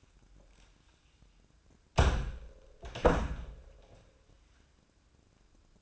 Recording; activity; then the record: daily activity, microphone in the room; close door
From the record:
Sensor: 2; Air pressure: 1012.2 hPa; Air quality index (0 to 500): 156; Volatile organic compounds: 2 ppm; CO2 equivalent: 1144 ppm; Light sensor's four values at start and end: 438/1100/447/473 and 444/1116/454/481